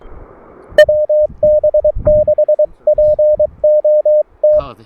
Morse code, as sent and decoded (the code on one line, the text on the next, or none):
.-- -... -.... .--. --- -
WB6POT